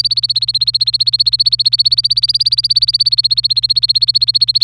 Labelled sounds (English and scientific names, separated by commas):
Domestic Canary (Serinus canaria) song